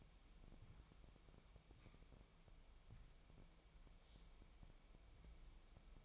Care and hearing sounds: daily activity, microphone in the room; wipe stove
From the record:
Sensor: 1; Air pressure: 1001.6 hPa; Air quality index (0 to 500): 218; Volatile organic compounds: 28 ppm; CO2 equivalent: 2905 ppm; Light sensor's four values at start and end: 8/29/10/11 and 7/29/10/11

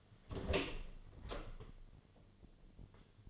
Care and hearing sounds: daily activity, microphone in the room; open door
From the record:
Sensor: 4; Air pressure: 1008.1 hPa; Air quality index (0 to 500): 184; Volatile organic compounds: 6 ppm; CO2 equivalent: 1843 ppm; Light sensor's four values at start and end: 24/77/29/28 and 23/72/27/26

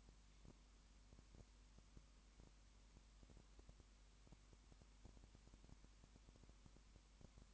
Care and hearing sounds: daily activity, microphone in the room; no activity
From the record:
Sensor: 1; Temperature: 19.2 degrees Celsius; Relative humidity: 37.9%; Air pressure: 1001.1 hPa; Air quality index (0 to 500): 198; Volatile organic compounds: 7 ppm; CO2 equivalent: 2004 ppm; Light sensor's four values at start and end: 1/2/1/1 and 1/2/1/1

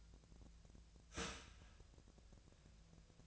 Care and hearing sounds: daily activity, microphone in the room; start toaster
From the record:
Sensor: 2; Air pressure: 1009.2 hPa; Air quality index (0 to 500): 186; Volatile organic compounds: 11 ppm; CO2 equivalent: 2305 ppm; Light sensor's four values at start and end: 23/58/24/27 and 23/58/24/27

